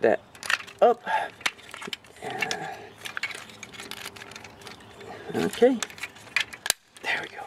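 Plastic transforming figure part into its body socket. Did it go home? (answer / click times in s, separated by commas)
yes / 6.4 s, 6.7 s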